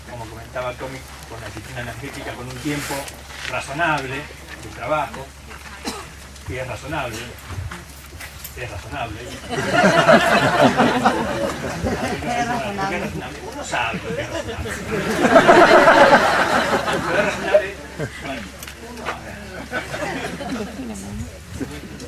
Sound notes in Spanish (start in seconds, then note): 9.0 Risas; 14.7 Risas